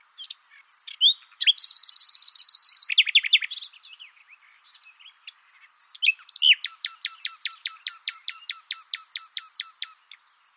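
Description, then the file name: Common nightingale song with a fast metallic rattle, some soft chirps, a brief pause, then a long series of loud, sharp notes repeated in quick succession. "Luscinia megarhynchos"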